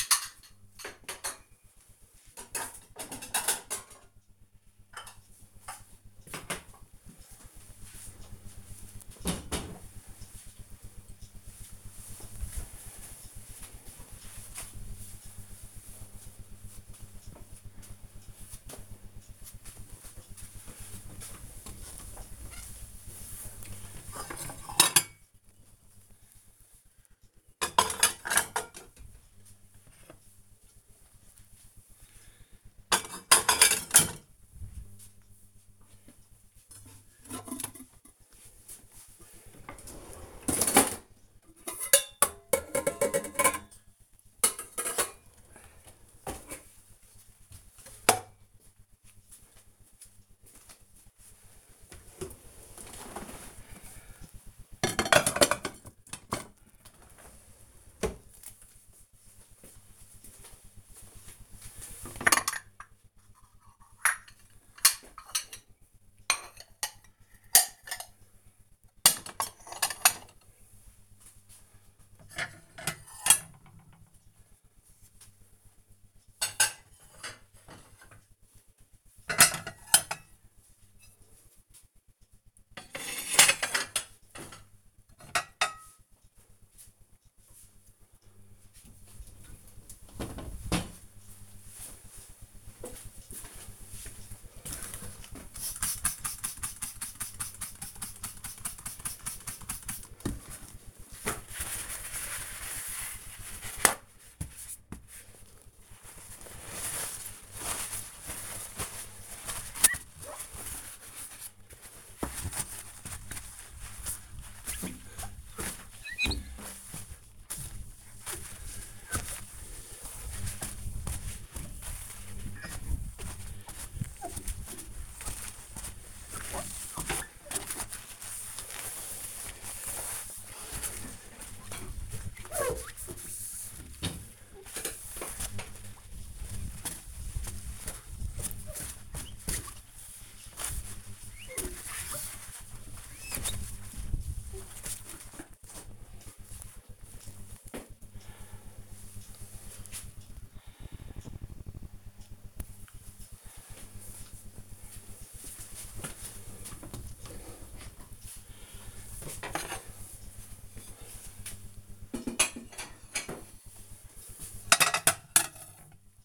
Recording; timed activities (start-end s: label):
household activities, microphone on the right wrist
19.54-86.99 s: putting away the dishes
95.05-145.37 s: window cleaning
157.47-166.25 s: putting away the dishes